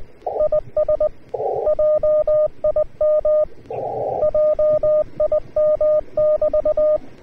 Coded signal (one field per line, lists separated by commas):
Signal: Morse code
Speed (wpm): 20 wpm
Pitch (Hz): 610 Hz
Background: radio noise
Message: IS JIM JIM<BT>